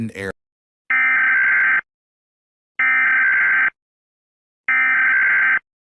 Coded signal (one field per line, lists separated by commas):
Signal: Emergency Alert System (SAME) tones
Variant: header bursts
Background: speech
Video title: EAS Scenario #3: Time Loop